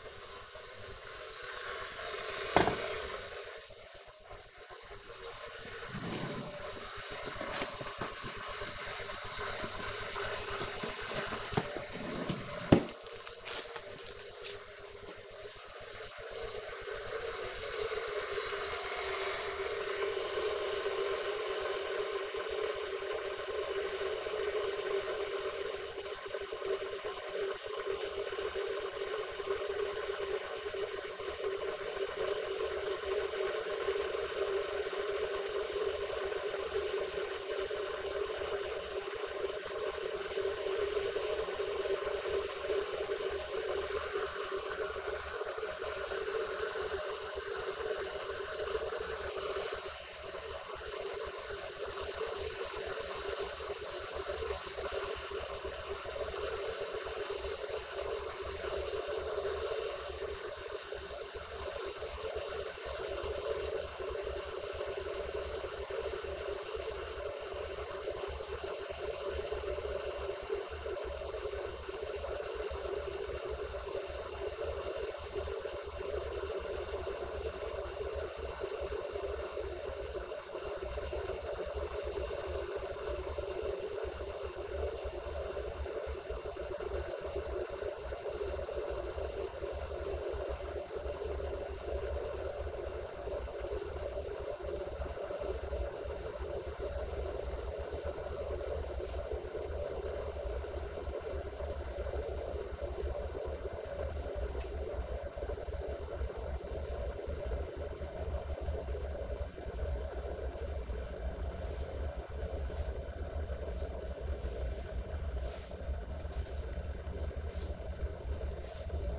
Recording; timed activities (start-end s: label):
household activities, microphone on the right wrist
0.00-119.19 s: making tea